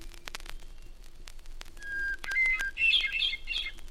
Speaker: The first of these, often considered America's foremost songbird, is the hermit thrush, now singing from a balsam spire in the Adirondack Mountains.